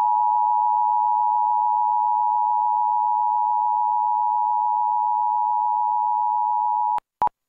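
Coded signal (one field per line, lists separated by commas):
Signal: Emergency Alert System (SAME) tones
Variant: 853 and 960 Hz attention tone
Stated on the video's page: Required Monthly Tests relayed by KGPX-TV and KSKN-TV, captured from a Dish Network HD DVR receiver box.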